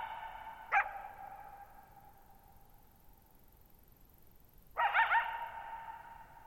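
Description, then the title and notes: Coyote calls twice, a short sharp bark then, after a long echoing silence, a wavering yelping burst. Lone coyote at night, July 14, 2019, Thirtymile Meadows, Okanogan National Forest, Okanogan High Country, 6400 ft (1950 m); tall sharp mountains on a high, mostly dry plateau; shallow bowl-shaped meadow over boggy ground. "Lone Coyote at Thirtymile Meadows. I spent the night of July 14, 2019, camped near Thirtymile Meadows in the Okanogan National Forest at 6400 ft (1950 m)"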